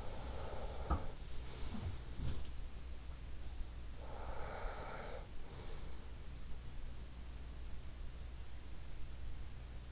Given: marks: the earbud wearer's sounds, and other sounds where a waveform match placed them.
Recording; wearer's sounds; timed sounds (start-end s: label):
sounds in sleep by an in-ear microphone; breath
0.00-2.67 s: breath
1.04-2.84 s: sound from someone else or the room
3.94-6.20 s: breath